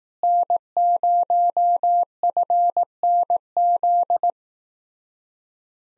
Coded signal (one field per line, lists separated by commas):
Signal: Morse code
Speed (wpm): 18 wpm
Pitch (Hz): 700 Hz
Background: none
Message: N0FNZ